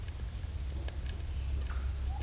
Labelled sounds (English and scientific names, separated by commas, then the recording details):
none
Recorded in dense forest near Puerto Asís, Putumayo, Colombia, on 19 March 2025 at 14:00
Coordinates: 0.484, -76.317
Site G064